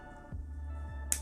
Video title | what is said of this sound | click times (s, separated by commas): WPL C24-Pro ready to run RTR Build pt.2. | that just goes on there and snaps in place like so | 1.1 s